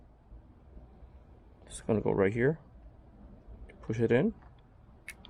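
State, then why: Seated. Someone talks while a crimped green and yellow wire terminal is pushed into its slot in a plastic multi-pin connector housing for Seakeeper Ride stabilizer wiring. A short, sharp click is heard at 5.1 s as the terminal seats in the connector.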